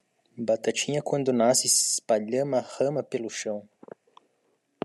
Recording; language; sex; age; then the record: short text; Brazilian Portuguese; male; 20 to 29 years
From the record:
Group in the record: control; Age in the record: 21 years